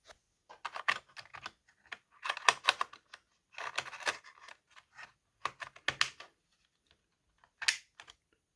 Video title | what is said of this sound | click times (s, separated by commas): Acer Aspire V5: How to remove the battery and replace RAM and the Hard Drive (HDD) | And you hear a click and then it's done. | 6.0 s, 7.7 s